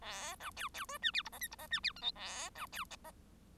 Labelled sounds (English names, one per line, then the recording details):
Bengalese Finch song
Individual Bird1